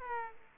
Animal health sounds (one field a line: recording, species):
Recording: mosquito wingbeat signal from an infrared sensor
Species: Aedes aegypti